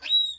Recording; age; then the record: pig call; piglet (1 to 25 days)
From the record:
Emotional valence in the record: negative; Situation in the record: restrain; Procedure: sham castration, cut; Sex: male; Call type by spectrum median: high-frequency call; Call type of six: high-frequency stable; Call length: 0.40 s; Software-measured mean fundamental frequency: 120 Hz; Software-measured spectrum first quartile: 3802 Hz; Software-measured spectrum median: 3882 Hz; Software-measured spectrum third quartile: 4101 Hz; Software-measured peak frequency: 3869 Hz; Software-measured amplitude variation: 182 dB a second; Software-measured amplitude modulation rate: 13.8 a second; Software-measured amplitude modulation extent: 13.1 dB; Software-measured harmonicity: 30.1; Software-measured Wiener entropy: -6.14